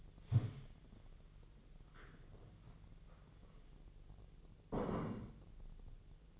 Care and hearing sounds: daily activity, microphone in the room; stand up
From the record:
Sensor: 4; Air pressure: 1001.2 hPa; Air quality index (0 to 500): 182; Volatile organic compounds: 2 ppm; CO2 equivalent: 1300 ppm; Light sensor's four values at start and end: 14/33/13/14 and 14/33/13/14

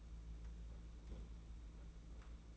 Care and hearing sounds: daily activity, microphone in the room; place on stove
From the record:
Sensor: 1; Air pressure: 992.0 hPa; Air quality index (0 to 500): 217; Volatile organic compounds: 1000 ppm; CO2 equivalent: 8470 ppm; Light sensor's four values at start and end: 21/74/29/29 and 21/74/29/29

